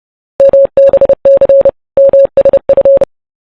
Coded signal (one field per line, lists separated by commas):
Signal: Morse code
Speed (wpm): 30 wpm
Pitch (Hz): 550 Hz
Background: none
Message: MBC MSF